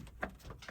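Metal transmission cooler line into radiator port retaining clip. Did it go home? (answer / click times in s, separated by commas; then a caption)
yes / 0.2 s. A metal transmission cooler line on a Chevrolet, GMC, Buick or Cadillac is pressed back into the radiator port after a fluid flush, with the rubber tubing removed. The retaining clip gives a sharp click at 0.2 s, amid fainter ticks, and the line is firmly seated.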